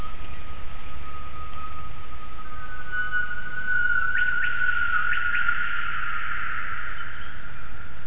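Gibbon calling, a long steady whistled tone joined by a few quick rising notes in the second half, over constant low rumbling background noise.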